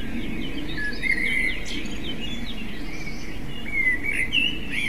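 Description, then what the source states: Common blackbird song: two short, fluty warbled phrases, one early and one near the end, over a steady low rumble of background noise. Recorded with an MZ-N 710 device.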